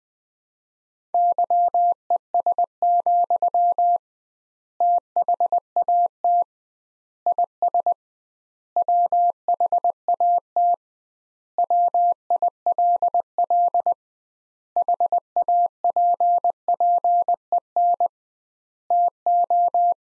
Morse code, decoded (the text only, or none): YES, THAT IS WHAT WILL HAPPEN TO